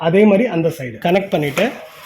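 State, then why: Not seated. Someone talks while an HPE ProLiant DL380 Gen10 2U rack server's inner rail is handled into the rack's outer slide on the other side, with faint handling noise under the voice. Nothing has seated or clicked yet; the rail latch has not clicked into the slide.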